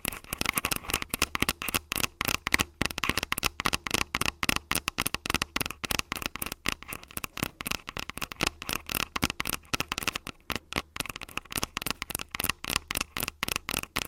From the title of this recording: Tascam Full Body Tapping & Scratching